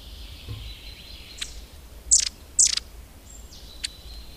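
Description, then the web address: Long-tailed tit giving two loud, rapid high sputtered calls in quick succession, among thin high whistles and sharp pips. "agykontroll Madardalok Cd 1. Őszapó"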